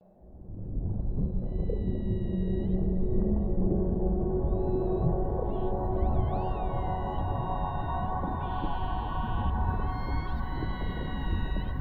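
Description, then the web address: Orca whistles, drawn-out tonal lines with a few rising and falling sweeps and pulsed buzzes, over a heavy low rumble. "Dan Gibson's Solitudes Ocean Odyssey. Oratory of the Orcas"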